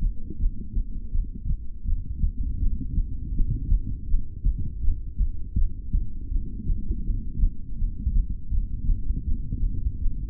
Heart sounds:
heart sounds by stethoscope; 81 bpm
0.36 s: heartbeat
1.09 s: heartbeat
1.82 s: heartbeat
2.56 s: heartbeat
3.30 s: heartbeat
4.04 s: heartbeat
4.78 s: heartbeat
5.53 s: heartbeat
6.27 s: heartbeat
7.01 s: heartbeat
7.74 s: heartbeat
8.48 s: heartbeat
9.22 s: heartbeat
9.96 s: heartbeat
From the record:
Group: heart failure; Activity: rest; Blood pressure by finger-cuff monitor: 103/59 mmHg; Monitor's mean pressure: 77 mmHg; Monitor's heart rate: 81 bpm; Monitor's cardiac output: 7.8 L/min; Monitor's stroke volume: 95 mL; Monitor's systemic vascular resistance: 700 dyn s/cm5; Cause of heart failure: ischemic heart disease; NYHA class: 2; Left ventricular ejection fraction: 28%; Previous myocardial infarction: present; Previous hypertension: present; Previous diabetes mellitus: present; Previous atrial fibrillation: present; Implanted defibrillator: present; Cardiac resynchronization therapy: present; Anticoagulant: apixaban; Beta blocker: bisoprolol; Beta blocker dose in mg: 10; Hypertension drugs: sacubitril-valsartan, spironolactone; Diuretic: furosemide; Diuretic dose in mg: 20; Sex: male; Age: 62 years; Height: 178 cm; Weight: 88.3 kg

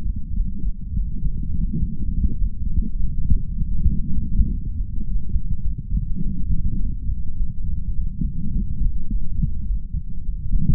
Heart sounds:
heart sounds by stethoscope; 103 bpm
0.35 s: heartbeat
0.94 s: heartbeat
1.54 s: heartbeat
2.13 s: heartbeat
2.71 s: heartbeat
3.30 s: heartbeat
3.89 s: heartbeat
4.48 s: heartbeat
5.05 s: heartbeat
5.63 s: heartbeat
6.22 s: heartbeat
6.79 s: heartbeat
7.36 s: heartbeat
7.93 s: heartbeat
8.52 s: heartbeat
9.09 s: heartbeat
9.65 s: heartbeat
10.24 s: heartbeat
From the record:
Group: healthy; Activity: light exercise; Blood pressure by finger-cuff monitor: 105/59 mmHg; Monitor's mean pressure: 72 mmHg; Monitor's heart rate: 102 bpm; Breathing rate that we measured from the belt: 27 breaths a minute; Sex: male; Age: 22 years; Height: 181 cm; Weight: 60 kg

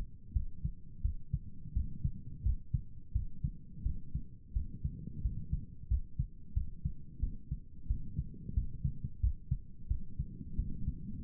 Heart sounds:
heart sounds by stethoscope; 88 bpm
0.33 s: heartbeat
1.01 s: heartbeat
1.73 s: heartbeat
2.42 s: heartbeat
3.12 s: heartbeat
3.83 s: heartbeat
4.53 s: heartbeat
5.21 s: heartbeat
5.88 s: heartbeat
6.53 s: heartbeat
7.19 s: heartbeat
7.87 s: heartbeat
8.53 s: heartbeat
9.20 s: heartbeat
9.87 s: heartbeat
10.55 s: heartbeat
11.23 s: heartbeat
From the record:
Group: healthy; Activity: rest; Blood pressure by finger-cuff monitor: 108/66 mmHg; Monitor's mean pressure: 77 mmHg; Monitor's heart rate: 89 bpm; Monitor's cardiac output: 7.7 L/min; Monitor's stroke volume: 89 mL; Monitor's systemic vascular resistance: 720 dyn s/cm5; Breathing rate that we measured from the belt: 18 breaths a minute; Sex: male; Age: 19 years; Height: 178 cm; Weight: 83 kg

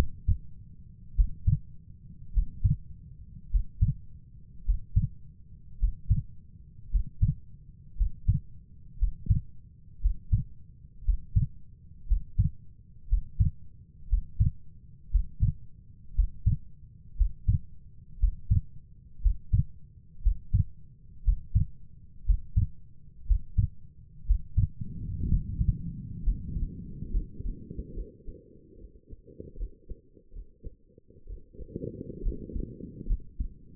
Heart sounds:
heart sounds by stethoscope; 60 bpm
1.15 s: heartbeat
2.33 s: heartbeat
3.50 s: heartbeat
4.64 s: heartbeat
5.78 s: heartbeat
6.90 s: heartbeat
7.96 s: heartbeat
8.98 s: heartbeat
10.00 s: heartbeat
11.04 s: heartbeat
12.07 s: heartbeat
13.08 s: heartbeat
14.08 s: heartbeat
15.10 s: heartbeat
16.14 s: heartbeat
17.16 s: heartbeat
18.19 s: heartbeat
19.21 s: heartbeat
20.22 s: heartbeat
21.23 s: heartbeat
22.25 s: heartbeat
23.26 s: heartbeat
24.26 s: heartbeat
25.28 s: heartbeat
26.23 s: heartbeat
27.11 s: heartbeat
27.94 s: heartbeat
28.78 s: heartbeat
29.57 s: heartbeat
30.33 s: heartbeat
31.27 s: heartbeat
32.23 s: heartbeat
33.07 s: heartbeat
From the record:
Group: healthy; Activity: breath hold 0-25 s, rest 25-34 s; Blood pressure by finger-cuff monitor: 84/52 mmHg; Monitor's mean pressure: 61 mmHg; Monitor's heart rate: 59 bpm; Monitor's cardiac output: 4.7 L/min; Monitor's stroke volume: 79 mL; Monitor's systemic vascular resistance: 890 dyn s/cm5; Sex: female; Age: 28 years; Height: 170 cm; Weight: 77 kg

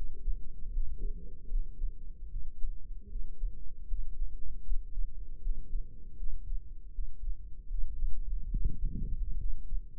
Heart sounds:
heart sounds by microphone in the left ear; 76 bpm
0.71 s: heartbeat
1.48 s: heartbeat
2.28 s: heartbeat
3.07 s: heartbeat
3.86 s: heartbeat
4.65 s: heartbeat
5.40 s: heartbeat
6.15 s: heartbeat
6.90 s: heartbeat
7.66 s: heartbeat
8.48 s: heartbeat
9.35 s: heartbeat
From the record:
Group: healthy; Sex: female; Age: 32 years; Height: 172 cm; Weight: 71.7 kg

